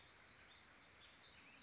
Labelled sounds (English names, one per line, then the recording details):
Warbling Vireo
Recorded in Sonoma County, California